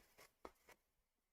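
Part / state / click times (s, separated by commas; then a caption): metal cutting die onto embossed cardstock panel / seated / 0.5 s. A detailed metal cutting die is lined up over an embossed cardstock panel and settles into the embossed grooves. Soft scraping shuffles around 0.2 s and 0.7 s surround a sharp, brief click at 0.5 s. The die is seated in the embossing.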